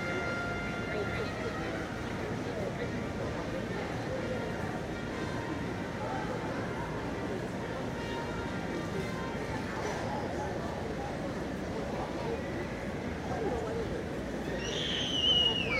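Crowd murmur of people in Washington Square Park, NYC, a steady dense babble of overlapping voices with no single speaker standing out. A low hum of city traffic runs underneath throughout, and a brief high chirp or squeal rises near the end.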